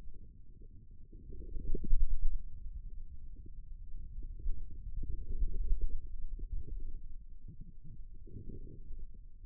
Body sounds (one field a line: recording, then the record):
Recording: forearm muscle sounds (acoustic myography)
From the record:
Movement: ulnar deviation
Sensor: system 2, bracelet of six BSWA MPA416 microphones around the upper forearm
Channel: 4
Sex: male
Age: 22 years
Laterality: right